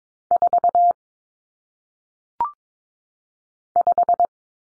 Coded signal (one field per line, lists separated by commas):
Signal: Morse code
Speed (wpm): 22 wpm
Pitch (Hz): 700 Hz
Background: none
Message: 4 5